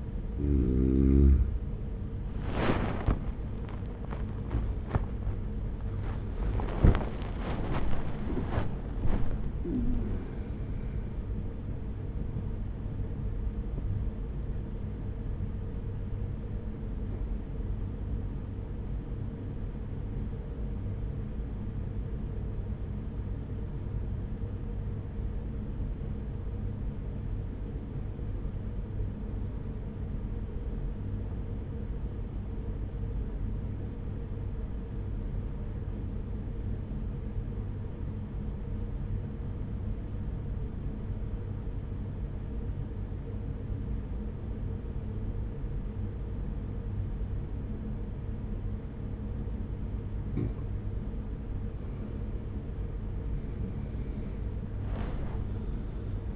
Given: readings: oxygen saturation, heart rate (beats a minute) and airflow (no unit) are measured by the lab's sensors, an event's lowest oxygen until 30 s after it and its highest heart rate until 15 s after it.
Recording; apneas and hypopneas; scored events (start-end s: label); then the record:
breathing in sleep by a smartphone at the bedside; 1
14.00-52.00 s: hypopnea (N1, oxygen 97% highest, then 87% lowest, heart rate 75 at the start, 79 highest)
36.00-56.36 s: new sleep stage, N2 (light sleep)
From the record:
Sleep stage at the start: N1 (lightest sleep); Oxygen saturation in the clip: 90 to 97%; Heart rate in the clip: 43 to 79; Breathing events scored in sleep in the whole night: 210 in 6.9 hours asleep